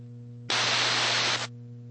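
A one-second burst of loud, hissing static from an open radio carrier on an air traffic control frequency cuts in abruptly over a steady low electrical hum, then stops just as sharply, leaving the hum behind. No one speaks.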